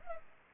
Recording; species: mosquito wingbeat signal from an infrared sensor; Culex pipiens